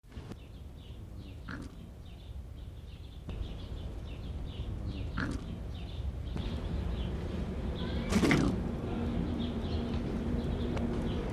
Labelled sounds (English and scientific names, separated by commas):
Corsac Fox (Vulpes corsac)